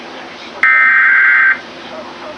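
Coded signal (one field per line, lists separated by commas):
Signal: Emergency Alert System (SAME) tones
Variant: header bursts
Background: speech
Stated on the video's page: Real alerts, mostly flash flood warnings, plus a surprise late-night Required Weekly Test on a Grand Junction, Colorado station.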